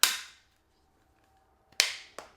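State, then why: Seated. A natural titanium iPhone 16 Pro Max is aligned and pressed into an ultra-thin rigid Thinborne case, which snaps over the phone's edges with sharp clicks at 0.0 s and 1.8 s. A faint tick comes just before the second click and a smaller click follows at about 2.2 s. The case seats fully; the click is loud enough to suggest something broke, but the case is fine all the way around.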